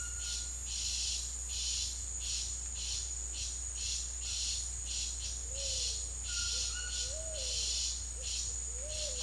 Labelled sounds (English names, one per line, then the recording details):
none
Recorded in dense forest near Puerto Asís, Putumayo, Colombia, on 8 March 2025 at 16:30
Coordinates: 0.503, -76.323
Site GP09